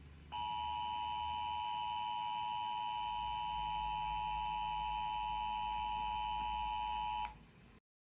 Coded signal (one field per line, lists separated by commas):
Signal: Emergency Alert System (SAME) tones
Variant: 853 and 960 Hz attention tone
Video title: EAS Scenario: Hurricane Outbreak Disaster